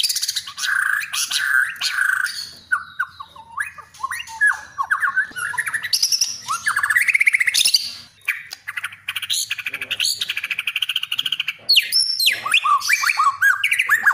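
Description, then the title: Oriental magpie-robin singing a dense, varied song of whistled slurs, buzzy trills and rapid chattering notes, nearly continuous throughout. "kacer"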